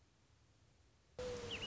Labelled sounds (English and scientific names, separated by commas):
American Robin (Turdus migratorius)